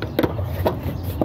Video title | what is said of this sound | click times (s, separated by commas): 5 Lug Tacoma AC easy fix🤗 | you have to snap into place | 0.2 s, 0.7 s, 1.2 s